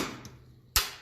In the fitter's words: so one click